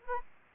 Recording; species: mosquito wingbeat signal from an infrared sensor; Anopheles arabiensis